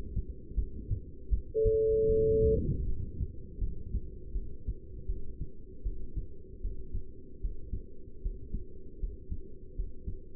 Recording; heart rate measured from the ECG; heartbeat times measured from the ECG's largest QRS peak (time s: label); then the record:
heart sounds by stethoscope; 78 bpm
0.56 s: heartbeat
1.30 s: heartbeat
2.08 s: heartbeat
2.85 s: heartbeat
3.60 s: heartbeat
4.34 s: heartbeat
5.07 s: heartbeat
5.84 s: heartbeat
6.62 s: heartbeat
7.42 s: heartbeat
8.23 s: heartbeat
9.00 s: heartbeat
9.76 s: heartbeat
From the record:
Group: heart failure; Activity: Valsalva maneuver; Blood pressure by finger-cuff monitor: 165/100 mmHg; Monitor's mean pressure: 124 mmHg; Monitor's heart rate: 79 bpm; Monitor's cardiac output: 8.4 L/min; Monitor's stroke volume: 105 mL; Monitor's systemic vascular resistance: 1120 dyn s/cm5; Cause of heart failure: non-ischemic cardiomyopathy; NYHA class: 1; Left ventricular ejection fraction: 62%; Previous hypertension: present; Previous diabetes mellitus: present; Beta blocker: bisoprolol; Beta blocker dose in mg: 10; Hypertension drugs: sacubitril-valsartan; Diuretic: furosemide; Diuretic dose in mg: 20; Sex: male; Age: 49 years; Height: 167 cm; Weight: 110 kg